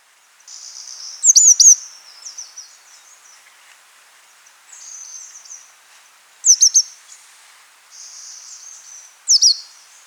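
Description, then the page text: Rufous-vented yuhina calls: short bursts of thin, high twittering notes repeated every few seconds, with softer buzzy high trills between them. "Rufous-Vented Yuhina Calls. Quick Sounds"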